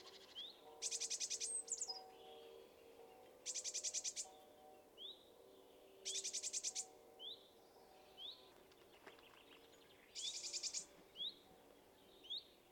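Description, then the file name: Eurasian blue tit giving several dry, buzzy churring bursts, with thin upslurred high notes between them. "Cyanistes caeruleus"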